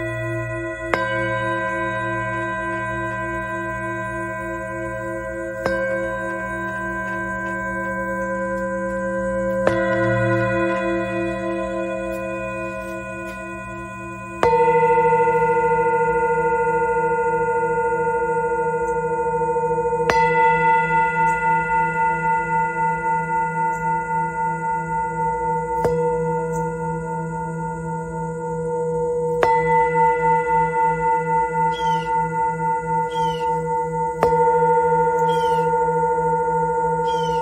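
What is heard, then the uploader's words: Singing bowls and a gong ring in long, overlapping tones, with a fresh strike about every four to five seconds. Low, humming drones sit under brighter ringing overtones, each strike swelling and then slowly fading. Near the end, faint high shimmering chimes appear. This is an original work that was created by playing Venus Gong, Root Chakra Crystal Singing Bowl, Sacral Chakra Singing Bowl, and Sacred Yoni Tibetan Singing Bowl.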